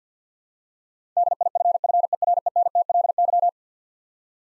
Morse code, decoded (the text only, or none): DIFFERENTLY